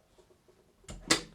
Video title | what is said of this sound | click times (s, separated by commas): Aukey Home Alpha Elite Air Fryer Overview - Test - Cook - Review```` | and it latches closed once it's closed it's locked into place | 1.1 s